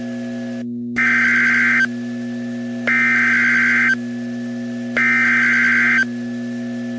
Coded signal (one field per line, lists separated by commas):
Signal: Emergency Alert System (SAME) tones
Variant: header bursts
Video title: Tornado Warning (EAS #412)